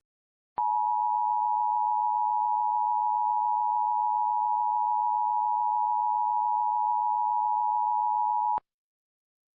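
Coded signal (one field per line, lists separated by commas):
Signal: Emergency Alert System (SAME) tones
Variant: 853 and 960 Hz attention tone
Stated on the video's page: Simulated tornado warning for east central Minnesota, a mock made with CapCut and Audacity.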